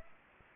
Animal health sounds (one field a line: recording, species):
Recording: mosquito wingbeat signal from an infrared sensor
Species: Anopheles arabiensis